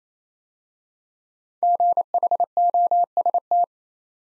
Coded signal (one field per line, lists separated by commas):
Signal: Morse code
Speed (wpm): 28 wpm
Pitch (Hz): 700 Hz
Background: none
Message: GHOST